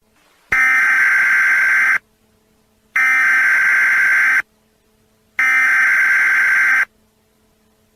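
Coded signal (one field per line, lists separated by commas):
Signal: Emergency Alert System (SAME) tones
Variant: header bursts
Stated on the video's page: Fictional EAS scenario about a mistaken alien attack, a simulated alert.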